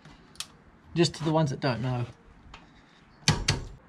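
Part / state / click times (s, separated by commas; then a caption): click-type torque wrench on a suspension bolt / torque reached / 3.3 s, 3.5 s. A click-type torque wrench is pulled on a suspension bolt while someone talks, and the wrench gives sharp clicks at about 3.3 and 3.5 seconds. The clicks confirm the bolt has reached its torque setting.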